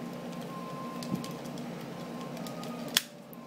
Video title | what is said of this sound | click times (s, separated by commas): VF-171 Transform from Battroid to Fighter | hear that click and then you move the outside piece into | 3.0 s